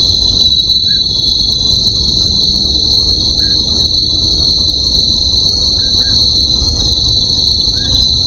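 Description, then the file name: Bell cricket trilling steadily at high pitch without a break, a few faint short chirps scattered through, low rumble beneath. "suzumushi"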